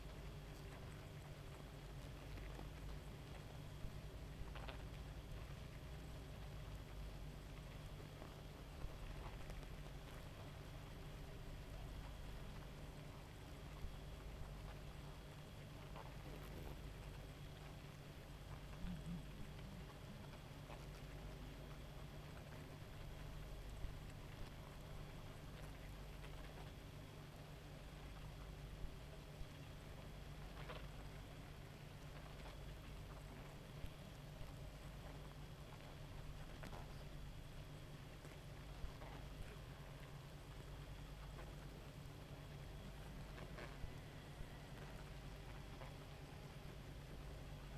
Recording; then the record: honeybee colony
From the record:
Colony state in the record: active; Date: 28 July 2017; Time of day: 2:00